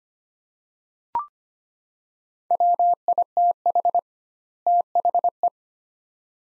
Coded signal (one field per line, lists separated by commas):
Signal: Morse code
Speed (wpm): 25 wpm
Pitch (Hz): 700 Hz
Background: none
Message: WITH THE